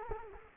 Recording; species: mosquito wingbeat signal from an infrared sensor; Culex quinquefasciatus